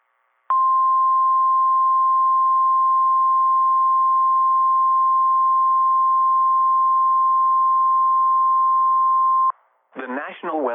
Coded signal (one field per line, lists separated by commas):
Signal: Emergency Alert System (SAME) tones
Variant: 1050 Hz attention tone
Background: speech